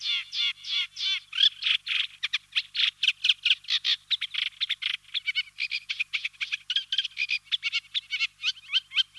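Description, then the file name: Eurasian reed warbler singing a long, unbroken chatter of scratchy and slightly whistled notes, often doubled or tripled, delivered at an even, churring pace. "Reed Warbler Acrocephalus scirpaceus"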